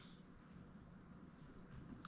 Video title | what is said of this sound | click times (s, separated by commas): Super Scooper Plastic Combat Robot Antweight | And it snaps in. | 2.0 s